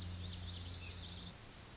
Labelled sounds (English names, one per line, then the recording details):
Lazuli Bunting
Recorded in Sonoma County, California